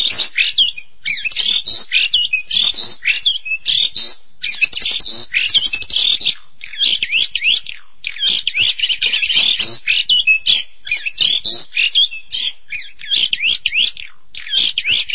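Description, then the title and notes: Starling song: a long, nearly continuous stream of harsh chatter, rattles and squeaky whistled notes in quick succession. "suara burung jalak"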